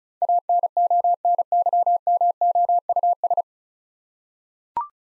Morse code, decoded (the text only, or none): ANONYMOUS